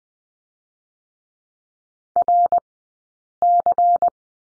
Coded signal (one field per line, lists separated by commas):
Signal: Morse code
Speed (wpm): 20 wpm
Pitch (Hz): 700 Hz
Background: none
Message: RC